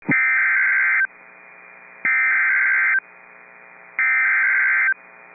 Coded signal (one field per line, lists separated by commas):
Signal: Emergency Alert System (SAME) tones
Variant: header bursts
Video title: Severe Thunderstorm Warning (Kidder and Stutsman Counties, ND) (8/8/25) [EAS #255]